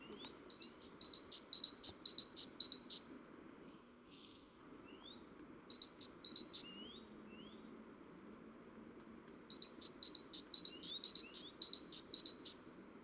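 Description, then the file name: Great tit repeating a high, ringing call phrase in three bouts, the first and last long, the middle one brief, over faint background hiss. "Parus major"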